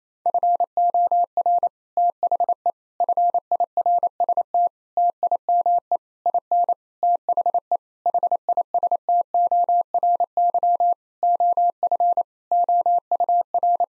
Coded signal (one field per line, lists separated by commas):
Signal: Morse code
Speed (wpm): 28 wpm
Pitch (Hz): 700 Hz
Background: none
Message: FOR THE FIRST TIME IN THE HISTORY OF OUR